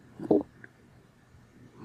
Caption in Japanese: お母さん一瞬落ちたわけです。 その瞬間でいびきをかいて。 いびきをかいて、それに自分驚いて。